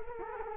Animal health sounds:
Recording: mosquito wingbeat signal from an infrared sensor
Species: Culex quinquefasciatus

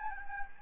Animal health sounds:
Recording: mosquito wingbeat signal from an infrared sensor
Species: Anopheles gambiae

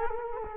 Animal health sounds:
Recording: mosquito wingbeat signal from an infrared sensor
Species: Culex quinquefasciatus

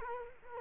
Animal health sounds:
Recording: mosquito wingbeat signal from an infrared sensor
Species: Culex quinquefasciatus

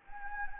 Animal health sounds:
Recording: mosquito wingbeat signal from an infrared sensor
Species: Anopheles gambiae

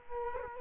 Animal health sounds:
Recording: mosquito wingbeat signal from an infrared sensor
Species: Culex quinquefasciatus

